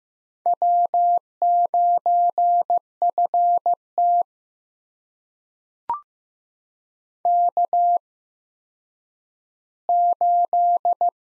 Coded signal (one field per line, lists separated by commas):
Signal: Morse code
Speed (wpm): 15 wpm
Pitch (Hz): 700 Hz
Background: none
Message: W9FT K8